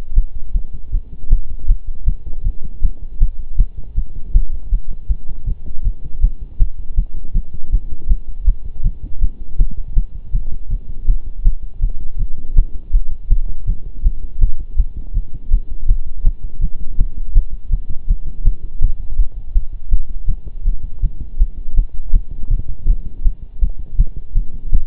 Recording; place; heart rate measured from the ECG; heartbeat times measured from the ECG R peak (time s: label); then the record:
heart sounds by stethoscope; between the tricuspid and mitral areas; 161 bpm
0.16 s: heartbeat
0.54 s: heartbeat
0.92 s: heartbeat
1.31 s: heartbeat
1.68 s: heartbeat
2.06 s: heartbeat
2.44 s: heartbeat
2.82 s: heartbeat
3.21 s: heartbeat
3.58 s: heartbeat
3.96 s: heartbeat
4.34 s: heartbeat
4.72 s: heartbeat
5.09 s: heartbeat
5.47 s: heartbeat
5.84 s: heartbeat
6.22 s: heartbeat
6.60 s: heartbeat
6.97 s: heartbeat
7.34 s: heartbeat
7.72 s: heartbeat
8.10 s: heartbeat
8.47 s: heartbeat
8.84 s: heartbeat
9.21 s: heartbeat
9.59 s: heartbeat
9.96 s: heartbeat
10.33 s: heartbeat
10.70 s: heartbeat
11.08 s: heartbeat
11.45 s: heartbeat
11.82 s: heartbeat
12.19 s: heartbeat
12.56 s: heartbeat
12.93 s: heartbeat
13.30 s: heartbeat
13.67 s: heartbeat
14.04 s: heartbeat
14.41 s: heartbeat
14.78 s: heartbeat
15.14 s: heartbeat
15.51 s: heartbeat
15.89 s: heartbeat
16.25 s: heartbeat
16.61 s: heartbeat
16.98 s: heartbeat
17.35 s: heartbeat
17.71 s: heartbeat
18.08 s: heartbeat
18.45 s: heartbeat
18.82 s: heartbeat
19.19 s: heartbeat
19.55 s: heartbeat
19.92 s: heartbeat
20.28 s: heartbeat
20.65 s: heartbeat
21.02 s: heartbeat
21.40 s: heartbeat
21.77 s: heartbeat
22.13 s: heartbeat
22.50 s: heartbeat
22.88 s: heartbeat
23.25 s: heartbeat
23.62 s: heartbeat
23.98 s: heartbeat
24.35 s: heartbeat
24.72 s: heartbeat
From the record:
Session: pedaling a stationary bicycle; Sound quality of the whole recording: partially saturated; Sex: male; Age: 23 years